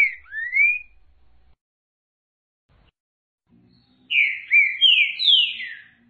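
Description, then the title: Green-winged saltator song: a couple of slurred whistles, a quiet gap, then a quick cluster of loud descending whistled notes. Song voice type 06 of the green-winged saltator, one of 14 song types. "Canto De Trinca Ferro Voz 06"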